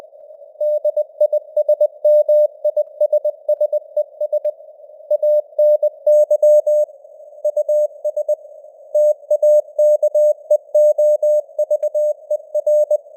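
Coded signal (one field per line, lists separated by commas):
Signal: Morse code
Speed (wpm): 20 wpm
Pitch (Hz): 600 Hz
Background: none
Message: DISMISSES ANY US TAKEOVER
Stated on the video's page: Morse news headlines at 20 wpm with simulated radio noise and varying signal strength (QSB).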